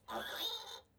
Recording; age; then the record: pig call; piglet (1 to 25 days)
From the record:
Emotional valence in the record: negative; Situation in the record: restrain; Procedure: back test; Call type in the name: high-frequency call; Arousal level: low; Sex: male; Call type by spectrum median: high-frequency call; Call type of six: mixed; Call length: 0.99 s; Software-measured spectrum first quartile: 949 Hz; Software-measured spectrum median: 2745 Hz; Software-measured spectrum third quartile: 4098 Hz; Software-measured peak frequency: 3681 Hz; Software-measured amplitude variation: 148 dB a second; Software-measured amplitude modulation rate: 18.7 a second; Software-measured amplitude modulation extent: 7.9 dB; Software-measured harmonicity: 3.1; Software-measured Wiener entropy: -2.04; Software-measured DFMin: 1400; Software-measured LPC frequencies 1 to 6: 787, 1556, 3675, 5058, 6302, 8358 Hz